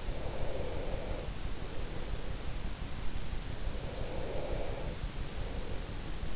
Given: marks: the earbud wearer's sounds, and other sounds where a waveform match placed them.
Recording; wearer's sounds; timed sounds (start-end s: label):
sounds in sleep by an in-ear microphone; breath
0.21-2.51 s: breath
3.83-5.90 s: breath